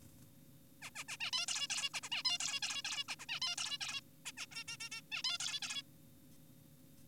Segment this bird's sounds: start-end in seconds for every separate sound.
0.82-0.90, 0.96-1.04, 1.08-1.17, 1.20-1.31, 1.33-1.46, 1.48-1.68, 1.70-1.90, 1.94-2.00, 2.03-2.09, 2.12-2.23, 2.25-2.38, 2.40-2.60, 2.62-2.82, 2.85-3.04, 3.08-3.15, 3.20-3.26, 3.29-3.40, 3.42-3.56, 3.58-3.78, 3.81-4.01, 4.26-4.32, 4.38-4.46, 4.52-4.64, 4.68-4.77, 4.80-4.89, 4.92-5.02, 5.12-5.22, 5.24-5.38, 5.40-5.60, 5.62-5.82